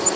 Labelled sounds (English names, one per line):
Black-throated Green Warbler flight call